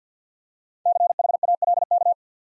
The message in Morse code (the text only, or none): CHALK